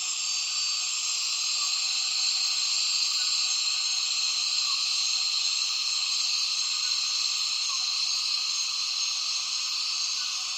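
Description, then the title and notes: A cicada chorus keeps up a dense, shrill, constant hiss. Faint brief chirps appear now and then under the drone. Many cicadas calling as afternoon light fades at dusk, Tawau Hills National Park, Borneo rainforest; recorded with Zoom F6 and Lom MikroUsi Pro microphones. "Intense Dusk Chorus In The Borneo Rainforest. A myriad cicadas start calling as soon as the afternoon light begins to fade in Tawau Hills NP, Borneo"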